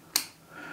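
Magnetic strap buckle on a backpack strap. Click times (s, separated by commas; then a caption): 0.2 s. A magnetic buckle held by two magnets on the top strap of an HGLRC FPV backpack is closed and snaps in with a sharp, bright click at 0.2 s that fades quickly. A softer, lower sound follows near the end at 0.8 s. The buckle is seated.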